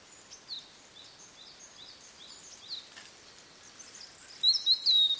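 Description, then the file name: Blue-and-white flycatcher song: faint scattered chirps, then one bright, high whistled phrase at the end. "oruri"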